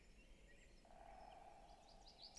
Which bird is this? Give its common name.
Great Spotted Woodpecker